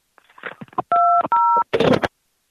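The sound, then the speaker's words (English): Two steady touch-tone beeps from telephone keypad buttons, each a clear dual-pitched tone lasting about a third of a second, sounding back to back between bursts of talking and noise. “What other buttons can you push, man? Let's hear them. Come on. Start pushing some buttons.”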